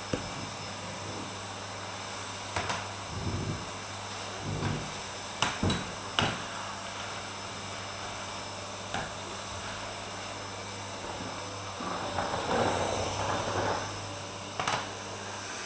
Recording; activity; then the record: daily activity, microphone in the room; vacuum cleaning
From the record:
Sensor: 2